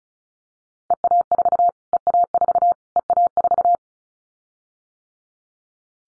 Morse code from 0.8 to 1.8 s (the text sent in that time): EA4